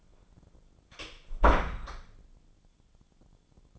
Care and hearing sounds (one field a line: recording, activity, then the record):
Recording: daily activity, microphone in the room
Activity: close door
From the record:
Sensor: 5